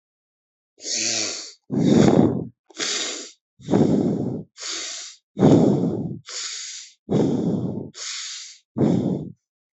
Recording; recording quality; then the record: deep breathing; excellent, no background noise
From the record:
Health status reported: healthy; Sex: male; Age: 35 years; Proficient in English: yes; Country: India